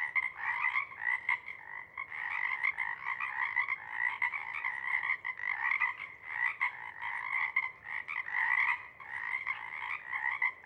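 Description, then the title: Pacific chorus frog chorus, many frogs calling together in steady overlapping croaks, loudness rising and falling in waves throughout. Pond chorus in pre-morning twilight as late night wanes; temperature torpor sets in and individuals leave to hunt; chorus breaks into successive waves circling the pond, then long staccato sections tapering away. "Chorus Frogs, Chorus Waxes and Wanes, pre-morning-twilight"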